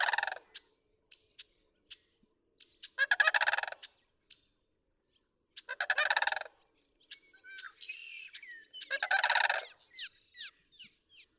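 Sandhill crane giving a few harsh, vibrating bugle calls a few seconds apart, while smaller birds add quick chirps and downslurred whistles.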